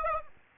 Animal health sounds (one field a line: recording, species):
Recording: mosquito wingbeat signal from an infrared sensor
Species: Aedes aegypti